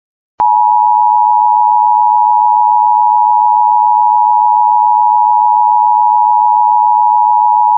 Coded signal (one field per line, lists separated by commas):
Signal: Emergency Alert System (SAME) tones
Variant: 853 and 960 Hz attention tone